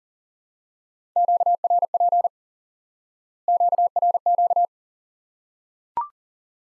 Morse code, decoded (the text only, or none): QRP QRQ